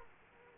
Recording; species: mosquito wingbeat signal from an infrared sensor; Aedes aegypti